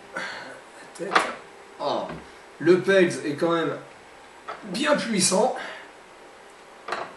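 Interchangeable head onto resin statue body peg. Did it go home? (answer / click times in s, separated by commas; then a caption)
yes / 6.9 s. Someone talks while an interchangeable head is pushed onto the strong peg of a large 1/3-scale resin Raphaël PCS collectible statue body. A short, sharp snap at 6.9 s marks the head seating firmly on the peg.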